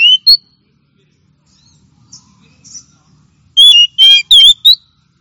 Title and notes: Kicau Burung Kacer Juara. Suara Kicauan Burung Kacer Juara